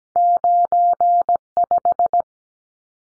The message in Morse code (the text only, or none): 95